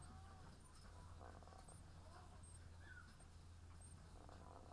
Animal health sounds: poultry house recording; sick chickens (respiratory disease)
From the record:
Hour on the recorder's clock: 18

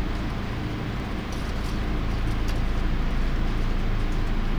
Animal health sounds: poultry house recording; no chicken sound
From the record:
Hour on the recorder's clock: 22

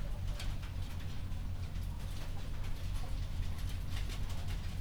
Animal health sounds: poultry house recording; healthy chickens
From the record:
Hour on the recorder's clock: 21

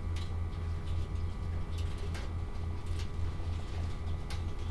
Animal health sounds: poultry house recording; sick chickens (respiratory disease)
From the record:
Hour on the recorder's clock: 15

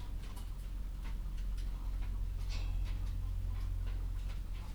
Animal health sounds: poultry house recording; healthy chickens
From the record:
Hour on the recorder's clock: 22

